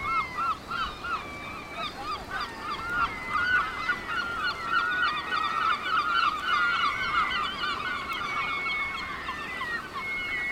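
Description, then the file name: Seabirds giving clipped nasal calls in loose bursts, while long level whistled notes drift across the colony din. Seabirds at Cap Fréhel. "oiseaux marins au cap frehel"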